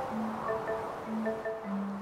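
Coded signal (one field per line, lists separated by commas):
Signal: none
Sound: music in kids' video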